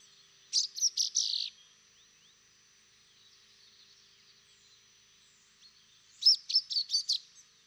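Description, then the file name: Common chaffinch calling: two short bursts of about five high, bright, chirpy notes, the first near the start and the second about six seconds later, with quiet between them. "Fringilla coelebs"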